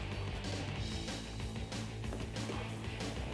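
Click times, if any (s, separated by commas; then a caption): none. A headlight wiring harness plug is being pushed onto the headlight connector of a 2015-2022 Mustang fitted with Oracle Black Edition Dynamic ColorSHIFT RGB+A headlights, heard over continuous background music. Some handling noise rises briefly around 1.7 s, but nothing has seated or clicked yet.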